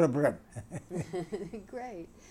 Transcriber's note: they laugh